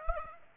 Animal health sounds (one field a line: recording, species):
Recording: mosquito wingbeat signal from an infrared sensor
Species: Aedes aegypti